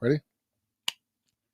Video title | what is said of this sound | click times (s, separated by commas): TMD Live Ep. 8 - Trip to Dallas | hear that click pop it out | 0.9 s